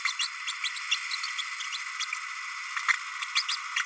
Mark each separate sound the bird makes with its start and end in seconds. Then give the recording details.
0.05-0.12, 0.19-0.28, 0.47-0.52, 0.63-0.70, 0.91-0.97, 1.99-2.05, 3.35-3.43, 3.48-3.56, 3.76-3.82. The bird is a male. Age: 30 days. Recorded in a nest box in Venezuela. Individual 17B32A6